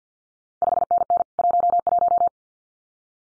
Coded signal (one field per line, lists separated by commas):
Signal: Morse code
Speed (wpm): 50 wpm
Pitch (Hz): 700 Hz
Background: none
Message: 5NN 11